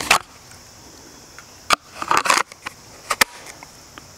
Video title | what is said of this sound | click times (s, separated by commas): TULSTER OATH IWB AND CONTOUR OWB HOLSTER REVIEW!! | great retention that nice positive click | 3.2 s